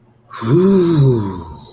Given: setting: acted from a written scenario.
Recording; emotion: vocal sound without words; romantic love